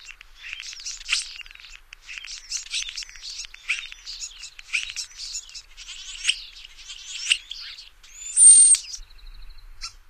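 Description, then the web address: European starling song: a continuous rambling medley of high clicks, rattles, squeaky chatter and wheezy notes, with a loud drawn-out whistle near the end. Recorded in North America. "Songs of Birds of North America Stokes. European Starling"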